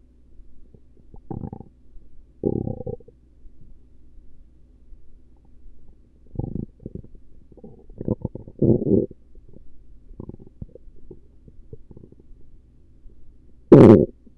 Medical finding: Stomach Rumbling Gurgles.